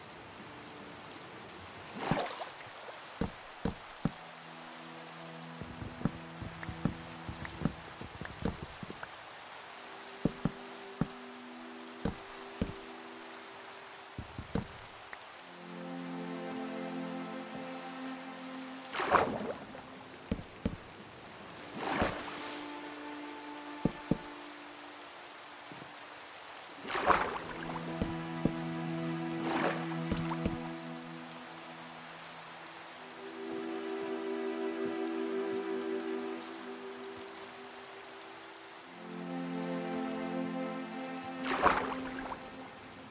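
A blocky game world plays out with soft rain pattering underneath, while sharp clicks and thumps of blocks being mined and placed break in every few seconds, louder bursts near 2, 19, 22, 27 and 41 seconds. Low tonal swells hum in stretches between, rising and fading.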